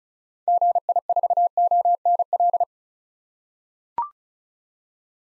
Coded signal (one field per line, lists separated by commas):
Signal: Morse code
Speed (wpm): 36 wpm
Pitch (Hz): 700 Hz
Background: none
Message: GI4ONL